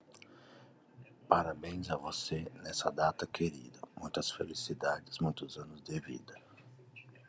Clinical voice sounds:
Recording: short text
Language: Brazilian Portuguese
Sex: male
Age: 40 to 49 years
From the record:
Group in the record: control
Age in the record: 42 years

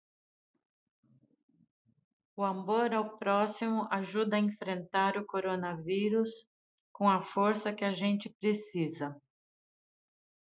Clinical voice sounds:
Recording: spoken sentence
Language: Brazilian Portuguese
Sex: female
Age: 50 to 59 years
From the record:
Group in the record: control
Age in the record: 55 years

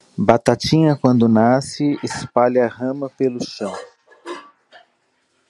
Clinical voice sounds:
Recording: short text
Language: Brazilian Portuguese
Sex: male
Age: 40 to 49 years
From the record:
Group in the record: control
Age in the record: 47 years

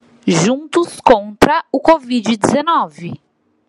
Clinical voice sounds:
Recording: short text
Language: Brazilian Portuguese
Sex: female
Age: 30 to 39 years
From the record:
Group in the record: control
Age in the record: 37 years

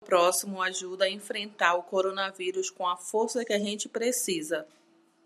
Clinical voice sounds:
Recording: spoken sentence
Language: Brazilian Portuguese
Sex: female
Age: 40 to 49 years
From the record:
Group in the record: control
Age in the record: 43 years

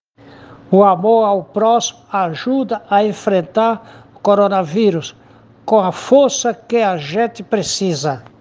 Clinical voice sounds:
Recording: spoken sentence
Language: Brazilian Portuguese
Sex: male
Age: 70 to 79 years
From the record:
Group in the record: respiratory insufficiency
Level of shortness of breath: 5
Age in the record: 70 years

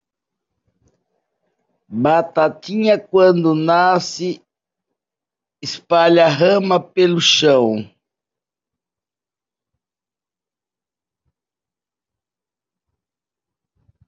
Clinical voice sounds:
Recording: short text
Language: Brazilian Portuguese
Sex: female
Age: 60 to 69 years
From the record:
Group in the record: control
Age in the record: 69 years

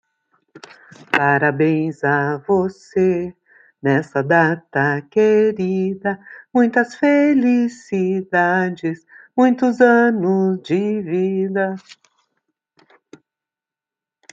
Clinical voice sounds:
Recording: short text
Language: Brazilian Portuguese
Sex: female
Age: 60 to 69 years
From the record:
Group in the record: control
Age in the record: 66 years

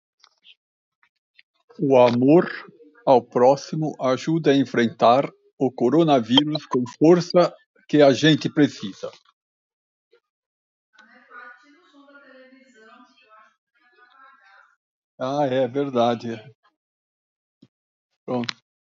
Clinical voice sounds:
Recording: spoken sentence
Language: Brazilian Portuguese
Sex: male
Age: 60 to 69 years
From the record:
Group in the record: control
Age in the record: 67 years

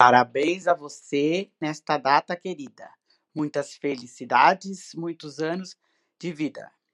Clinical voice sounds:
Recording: short text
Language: Brazilian Portuguese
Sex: female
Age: 60 to 69 years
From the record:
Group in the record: control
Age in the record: 63 years

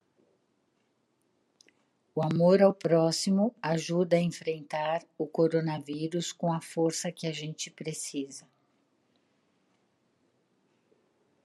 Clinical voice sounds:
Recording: spoken sentence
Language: Brazilian Portuguese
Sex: female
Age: 60 to 69 years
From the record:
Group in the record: control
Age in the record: 69 years

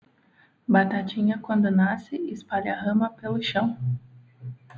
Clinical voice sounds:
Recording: short text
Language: Brazilian Portuguese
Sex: female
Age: 20 to 29 years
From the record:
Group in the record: control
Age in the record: 27 years

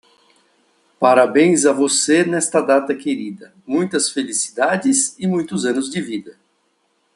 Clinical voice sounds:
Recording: short text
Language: Brazilian Portuguese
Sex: male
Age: 50 to 59 years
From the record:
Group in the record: control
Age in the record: 59 years

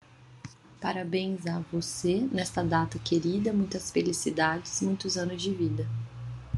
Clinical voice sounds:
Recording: short text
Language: Brazilian Portuguese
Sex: female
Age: 30 to 39 years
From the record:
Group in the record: control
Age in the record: 35 years

